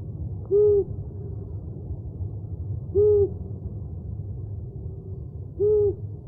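Owl hooting: a short, low, slightly arched hoot repeated roughly every two and a half seconds, three hoots in all, over a steady low background hum.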